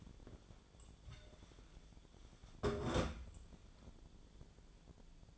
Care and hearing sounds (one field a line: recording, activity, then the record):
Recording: daily activity, microphone in the room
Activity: take from stove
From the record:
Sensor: 5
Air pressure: 1010.0 hPa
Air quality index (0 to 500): 148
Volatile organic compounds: 3 ppm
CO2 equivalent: 1452 ppm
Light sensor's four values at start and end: 261/633/270/297 and 253/621/264/288